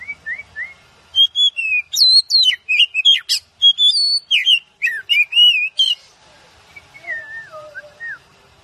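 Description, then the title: Oriental magpie-robin singing: a few soft whistles, then a lively burst of loud, clear, rising and falling whistled notes, fading into quieter wavering whistles. "Kacer"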